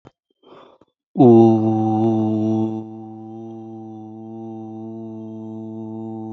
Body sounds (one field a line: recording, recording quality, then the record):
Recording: sustained vowel as in boot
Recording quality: excellent, no background noise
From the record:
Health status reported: healthy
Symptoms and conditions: none ticked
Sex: male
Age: 18 years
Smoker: not ticked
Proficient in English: yes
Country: India